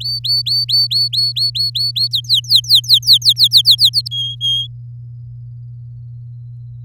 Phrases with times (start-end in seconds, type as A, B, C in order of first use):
0.00-2.08 A, 2.11-3.90 B, 3.93-4.08 C, 4.11-4.67 D